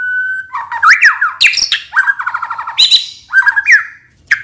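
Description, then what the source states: White-rumped shama song, a rich mix of clear whistles, rapid trilled runs and scratchy notes, tumbling up and down in quick succession. Lure sound meant to make birds respond.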